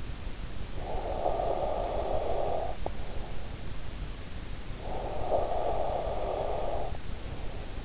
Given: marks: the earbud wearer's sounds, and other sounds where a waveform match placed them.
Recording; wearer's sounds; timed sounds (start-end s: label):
sounds in sleep by an in-ear microphone; breath
0.63-3.08 s: breath
4.63-7.85 s: breath